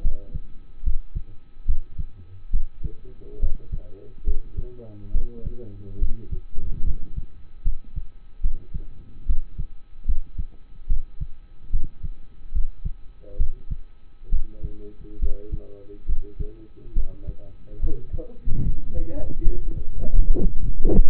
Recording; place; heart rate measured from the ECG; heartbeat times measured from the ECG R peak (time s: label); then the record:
heart sounds by stethoscope; between the tricuspid and mitral areas; 72 bpm
0.02 s: heartbeat
0.84 s: heartbeat
1.66 s: heartbeat
2.51 s: heartbeat
3.40 s: heartbeat
4.25 s: heartbeat
5.12 s: heartbeat
5.99 s: heartbeat
6.84 s: heartbeat
7.63 s: heartbeat
8.42 s: heartbeat
9.26 s: heartbeat
10.06 s: heartbeat
10.88 s: heartbeat
11.71 s: heartbeat
12.53 s: heartbeat
13.37 s: heartbeat
14.30 s: heartbeat
15.20 s: heartbeat
16.06 s: heartbeat
16.94 s: heartbeat
17.80 s: heartbeat
18.63 s: heartbeat
19.43 s: heartbeat
20.17 s: heartbeat
20.89 s: heartbeat
From the record:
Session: rest, lying down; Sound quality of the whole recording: partially saturated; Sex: male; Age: 27 years